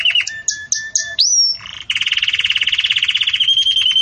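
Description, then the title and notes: Canary song opening with whistled notes and a rising slur, then a fast pulsing trill of evenly repeated notes lasting about two seconds. Belgian canary song for training young birds; song style 'campainha' (bell-like). "Canto Do Canário Belga Campainha Para Encarte De Filhotes. CANARIO"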